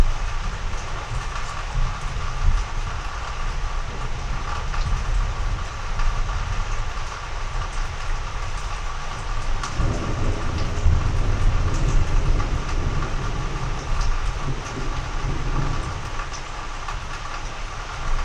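A slow rolling thunderstorm: a deep, continuous rumble sits under a steady hiss of rain. Around the ten-second mark the thunder swells, heavier and grumbling for several seconds, then eases back toward the end.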